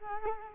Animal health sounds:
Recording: mosquito wingbeat signal from an infrared sensor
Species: Culex quinquefasciatus

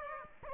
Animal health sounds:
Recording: mosquito wingbeat signal from an infrared sensor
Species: Aedes aegypti

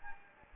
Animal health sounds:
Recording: mosquito wingbeat signal from an infrared sensor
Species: Anopheles gambiae

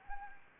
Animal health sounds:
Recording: mosquito wingbeat signal from an infrared sensor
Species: Anopheles gambiae

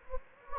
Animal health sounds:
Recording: mosquito wingbeat signal from an infrared sensor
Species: Anopheles gambiae

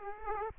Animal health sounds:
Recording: mosquito wingbeat signal from an infrared sensor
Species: Aedes aegypti

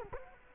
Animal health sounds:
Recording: mosquito wingbeat signal from an infrared sensor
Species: Culex quinquefasciatus

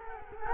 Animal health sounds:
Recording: mosquito wingbeat signal from an infrared sensor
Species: Culex quinquefasciatus

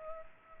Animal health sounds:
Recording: mosquito wingbeat signal from an infrared sensor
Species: Culex pipiens

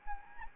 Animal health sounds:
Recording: mosquito wingbeat signal from an infrared sensor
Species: Anopheles arabiensis

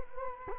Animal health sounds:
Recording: mosquito wingbeat signal from an infrared sensor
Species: Culex quinquefasciatus

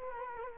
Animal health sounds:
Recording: mosquito wingbeat signal from an infrared sensor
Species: Culex quinquefasciatus

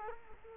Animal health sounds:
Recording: mosquito wingbeat signal from an infrared sensor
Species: Culex quinquefasciatus

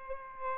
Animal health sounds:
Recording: mosquito wingbeat signal from an infrared sensor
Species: Aedes albopictus

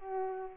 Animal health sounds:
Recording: mosquito wingbeat signal from an infrared sensor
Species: Culex pipiens

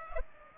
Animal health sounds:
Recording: mosquito wingbeat signal from an infrared sensor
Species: Culex pipiens

